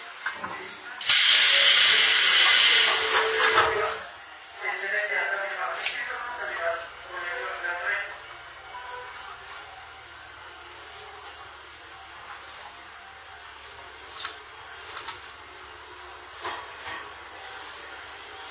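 A recording from an Izuhakone Railway 3000-series steel car running between Shuzenji and Mishima. A loud burst of air hiss fills the first few seconds, then fades into a low, steady rumble with a faint hum underneath, broken by scattered light clicks and knocks.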